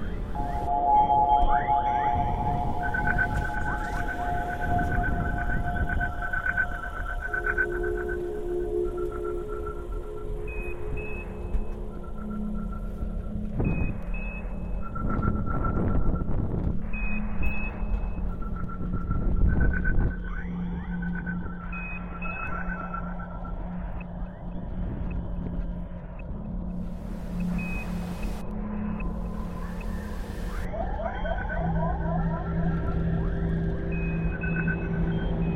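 A pre-launch sequence carries a steady low rumble and hum throughout, layered with sustained electronic tones that step between pitches. Short bright beeps repeat at intervals, and brief rougher bursts of noise rise around the middle before the drone settles.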